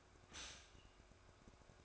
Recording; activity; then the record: daily activity, microphone in the room; stop toaster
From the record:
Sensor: 2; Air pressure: 1004.1 hPa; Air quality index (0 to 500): 193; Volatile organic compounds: 11 ppm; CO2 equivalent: 2308 ppm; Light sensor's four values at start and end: 4/10/4/4 and 4/10/4/4